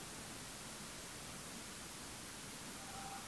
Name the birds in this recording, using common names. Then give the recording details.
none. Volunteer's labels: Autre biophonie Vulpes vulpes. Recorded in France